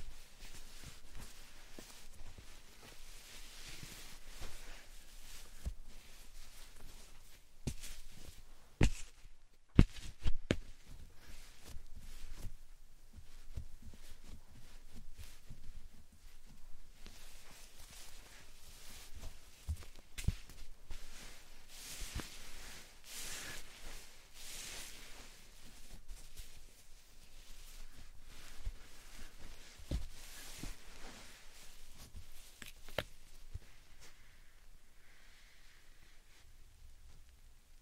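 Slime and sand are handled close up in a quiet small room, with soft squishing, crackling and grainy rustles running throughout. Textures shift every few seconds, and sharp pops and clicks stand out, the loudest just before the ten-second mark.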